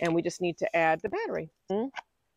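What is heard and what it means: A tool battery pack is being handled at the handle of a Seesii cordless pole saw after the pole has been fitted, and someone talks throughout. Nothing has seated or clicked yet; the clip ends before the battery goes home.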